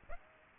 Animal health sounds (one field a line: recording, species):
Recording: mosquito wingbeat signal from an infrared sensor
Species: Aedes aegypti